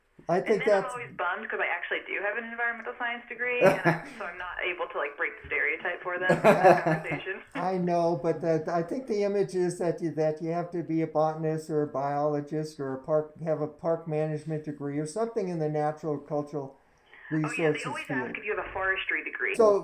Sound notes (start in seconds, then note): 3.6 laughs; 6.2 more laughs